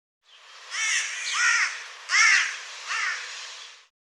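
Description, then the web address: Bird calls: four harsh, raspy caws with arched harmonics, given in an uneven series over a quiet background. "cianscape birddata Deverinetal 2025"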